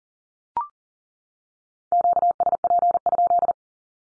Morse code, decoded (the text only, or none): QSP?